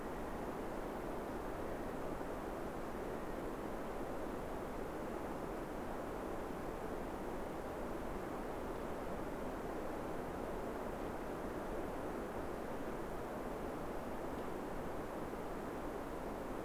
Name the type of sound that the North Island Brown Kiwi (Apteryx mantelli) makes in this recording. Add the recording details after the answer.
male call. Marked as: faintness 5/5. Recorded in New Zealand on 5 November 2015. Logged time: 22:59. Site CQ72